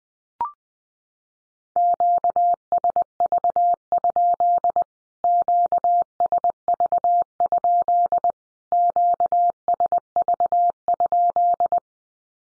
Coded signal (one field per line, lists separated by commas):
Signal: Morse code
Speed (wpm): 20 wpm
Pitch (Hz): 700 Hz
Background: none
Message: QSV? QSV? QSV?